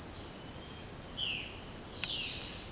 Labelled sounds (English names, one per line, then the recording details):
Violaceous Jay
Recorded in secondary vegetation near Puerto Asís, Putumayo, Colombia, on 13 March 2025 at 18:00
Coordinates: 0.485, -76.322
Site G040